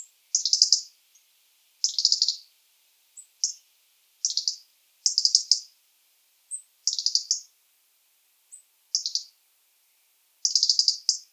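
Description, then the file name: European robin repeating rapid series of sharp high ticks, each burst lasting under a second, with occasional faint high seeps. "Erithacus rubecula"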